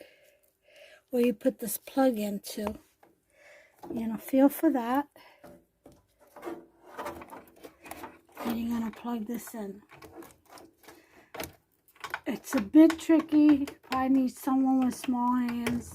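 Someone talks while feeling by hand for the socket on an NxStage Pureflow PAK home dialysis fluid pack, lining a plastic plug up by feel before pushing it in. Only small handling knocks are heard, and the plug has not clicked into place yet.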